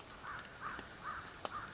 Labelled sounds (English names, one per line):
American Crow